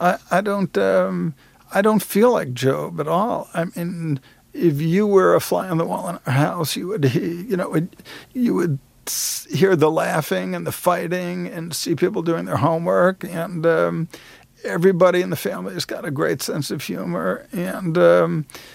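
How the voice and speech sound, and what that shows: Adult man speaking with drawn-out sounds, some creaky and slurred voicing, and halting restarts: dysarthria from multiple sclerosis, diagnosed 30 years earlier; his voice is very much affected by the MS.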